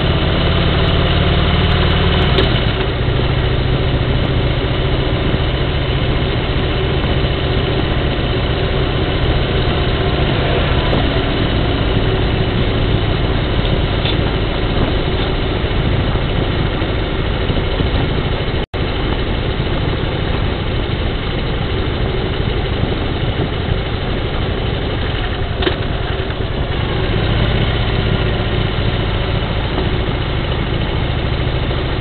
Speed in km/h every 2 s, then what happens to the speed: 26, 30, 32, 34, 34, 36, 32, 31, 30, 28, 28, 27, 26, 27, 23, 21.
0-11 speeds up to 36. 11-32 slows to 21.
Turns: none.